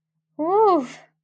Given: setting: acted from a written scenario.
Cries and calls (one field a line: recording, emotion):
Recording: vocal sound without words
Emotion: relief